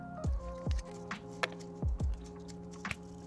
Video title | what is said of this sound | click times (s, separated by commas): Aquascaping & Equipment! (Hello Reef PT 2) | just like that you'll hear that little click and this is a magnet | 1.4 s